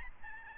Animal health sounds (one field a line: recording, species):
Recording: mosquito wingbeat signal from an infrared sensor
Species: Aedes albopictus